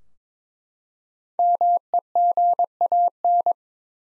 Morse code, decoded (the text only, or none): MEGAN